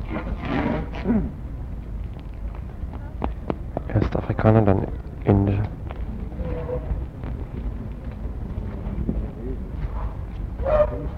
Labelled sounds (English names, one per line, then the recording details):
Asian Elephant trumpet call
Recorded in captivity
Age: adult
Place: Zoo Berlin, Berlin, DE
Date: 1960-12-26 15:30
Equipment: Minifon, Kopie Smaragd
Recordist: Tembrock, Günter